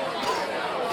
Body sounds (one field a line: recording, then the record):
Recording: coughing mixed with background sound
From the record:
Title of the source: Coughing 60